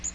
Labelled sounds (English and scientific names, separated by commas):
Magnolia Warbler (Setophaga magnolia) flight call